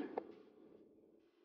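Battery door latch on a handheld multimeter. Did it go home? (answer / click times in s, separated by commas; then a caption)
released / 0.2 s. The quarter-turn latch on the battery compartment door of a Fluke 289 handheld multimeter is turned toward the open-padlock mark. A single sharp click sounds at 0.2 s, followed by faint low rustling. The latch is now in the unlocked position and the door can be lifted off.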